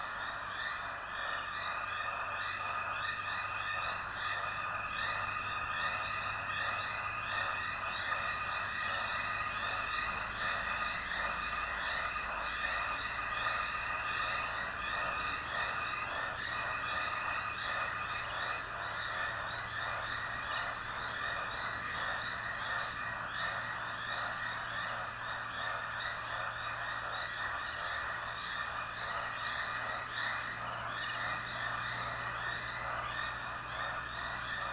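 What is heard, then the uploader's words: Night insects and frogs chirp densely and steadily beside a dry riverbed, with a faint low hum droning throughout. Durational audio recording of the sound environment around a dry stretch of the Limpopo River in South Africa at the beginning of the rainy season. The recording begins just before dusk and continues through late morning. Audio encoding: Stereo FLAC at 48kHz, 24bit.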